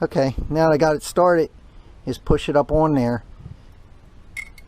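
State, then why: Seated. Someone talks while pushing a metal snap ring up the main shaft of a 4-speed Harley Knucklehead, Panhead and Shovelhead transmission. After a quiet stretch, a short, sharp click at 4.6 s marks the ring snapping into its shaft groove and seating.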